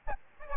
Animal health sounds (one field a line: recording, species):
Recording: mosquito wingbeat signal from an infrared sensor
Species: Aedes albopictus